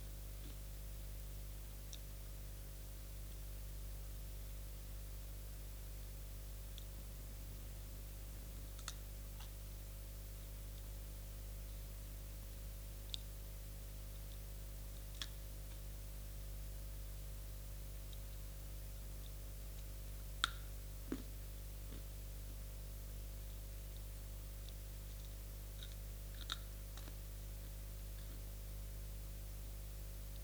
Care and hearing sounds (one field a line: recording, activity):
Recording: daily activity, guitar pickup as the sensor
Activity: eat